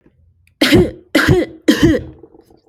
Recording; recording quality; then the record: heavy voluntary cough; excellent, no background noise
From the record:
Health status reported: healthy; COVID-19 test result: negative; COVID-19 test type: RT-PCR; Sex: female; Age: 22 years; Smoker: no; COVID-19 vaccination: both doses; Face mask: not worn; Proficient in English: yes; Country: United States